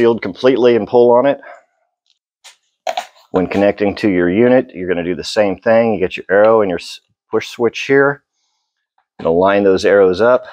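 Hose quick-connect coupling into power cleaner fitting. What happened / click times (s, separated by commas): Hose coupling pushed in / 2.9 s, 3.0 s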